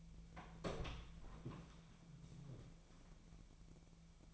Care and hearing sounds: daily activity, microphone in the room; open door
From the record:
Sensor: 1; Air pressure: 1000.5 hPa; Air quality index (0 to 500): 184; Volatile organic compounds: 4 ppm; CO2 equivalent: 1696 ppm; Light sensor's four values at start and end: 12/28/12/14 and 12/29/12/14

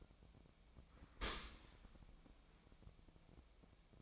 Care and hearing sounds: daily activity, microphone in the room; open dishwasher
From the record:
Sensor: 1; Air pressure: 1003.1 hPa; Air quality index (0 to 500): 196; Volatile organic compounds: 6 ppm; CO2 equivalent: 1875 ppm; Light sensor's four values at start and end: 19/48/20/24 and 19/48/20/24

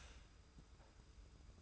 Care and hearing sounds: daily activity, microphone in the room; start toaster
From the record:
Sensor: 2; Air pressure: 990.5 hPa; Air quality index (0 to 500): 165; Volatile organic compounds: 866 ppm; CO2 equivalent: 5183 ppm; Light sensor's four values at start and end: 30/71/29/29 and 30/71/29/29

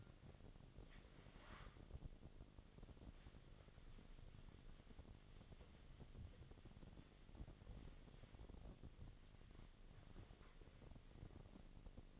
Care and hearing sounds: daily activity, microphone in the room; wipe stove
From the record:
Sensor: 4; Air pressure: 1007.8 hPa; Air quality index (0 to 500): 197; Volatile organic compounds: 7 ppm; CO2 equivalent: 1970 ppm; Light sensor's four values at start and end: 22/71/27/26 and 22/71/27/26

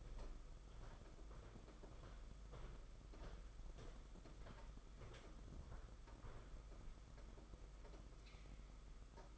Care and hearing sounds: daily activity, microphone in the room; walk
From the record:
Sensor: 5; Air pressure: 991.8 hPa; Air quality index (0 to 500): 156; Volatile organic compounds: 252 ppm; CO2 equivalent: 4367 ppm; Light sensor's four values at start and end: 32/108/40/43 and 32/106/40/42

